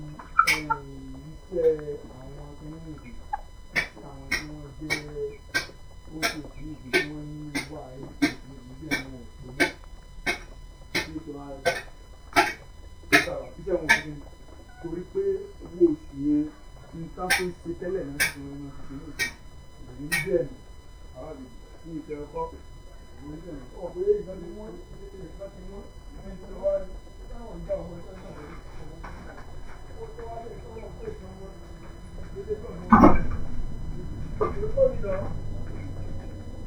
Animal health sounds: poultry house recording; background noise or bird activity such as feeding and pecking

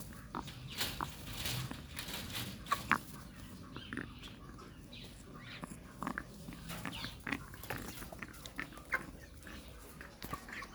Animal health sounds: poultry house recording; sick chickens (respiratory disease)

